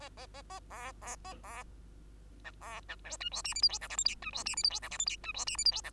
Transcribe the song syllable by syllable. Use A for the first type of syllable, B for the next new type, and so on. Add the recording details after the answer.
A A A A B B A B C B C D E F G H I J K L M N E F G H I J K L M N E F G H I J K. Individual Bird2